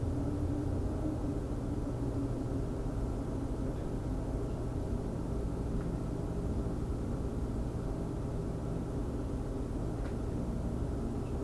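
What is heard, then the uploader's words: Wind roars in a steady, dense low rush that never lets up, heavy in the low and middle range with little brightness above. Two faint ticks, like drips, come through around six and ten seconds. The wind rocks me gently. I love listening to the wind and its voice as it travels around, and the constant drip of the tap is comforting reminder that I'm home. Recorded by Michelle Breslin.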